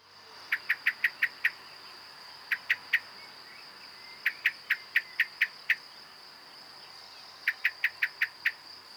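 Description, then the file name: Common blackbird hard chink calls repeated in fast runs of several notes, separated by brief pauses, with a constant high hum. "Turdus merula"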